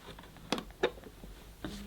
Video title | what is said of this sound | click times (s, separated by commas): Sebo X7 Automatic Excel Plus Vacuum Cleaner Unboxing, Assembly & Demonstration | it was very faint but it has clicked into position | 0.5 s, 0.8 s